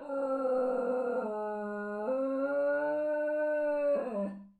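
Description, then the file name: Dog howling in one long, drawn-out tone that steps down, back up, and then down again in pitch, holding steady between shifts before fading out; no clear barks. "Jazz The Dog Howl Bark"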